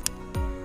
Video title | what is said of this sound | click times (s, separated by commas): Remapped ECU Installation - XSR700 | it clicks okay | 0.1 s